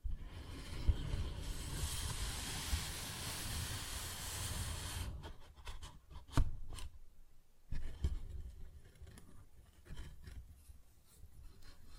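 Paper bag sounds: for the first five seconds a steady, dense rustling scratch fills the sound, bright and continuous. Then it drops away into sparser handling, with sharp crinkling taps around six and eight seconds and softer scuffs scattered through the rest.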